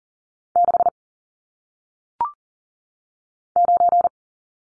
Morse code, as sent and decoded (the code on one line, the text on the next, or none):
-.... / ----.
6 9